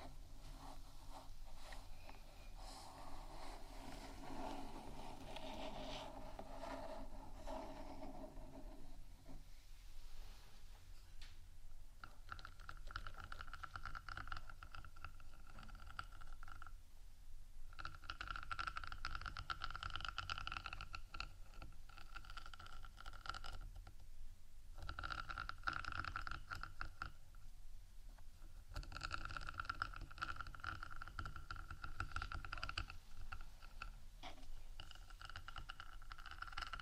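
Scratching and tapping on a rhinestone-embellished microphone, a dense, continuous stream of tiny clicks and rasping scrapes. The texture shifts in patches, with brighter, busier stretches around 18–22 and 29–33 seconds and brief quieter gaps near 9, 17 and 24 seconds.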